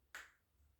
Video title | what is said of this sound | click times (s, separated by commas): Tool Repair | there it is I heard a snap so I think we're okay then | 0.2 s